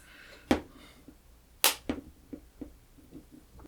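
An iPod front shell is squeezed further onto its metal back case so the remaining case clips seat. A sharp click at 0.5 s leads to a loud crunching snap at 1.6 s as the clips seat home, followed by a smaller click at 1.9 s and a few faint ticks.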